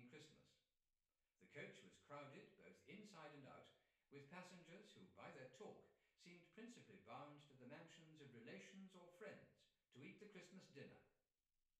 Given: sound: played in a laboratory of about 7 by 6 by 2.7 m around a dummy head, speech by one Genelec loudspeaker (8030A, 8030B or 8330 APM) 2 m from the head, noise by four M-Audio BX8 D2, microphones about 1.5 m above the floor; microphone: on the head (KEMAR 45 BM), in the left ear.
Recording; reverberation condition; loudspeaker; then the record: male speech in English; medium; 90 degrees to the right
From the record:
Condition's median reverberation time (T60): about 510 ms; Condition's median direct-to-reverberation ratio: about -0.5 dB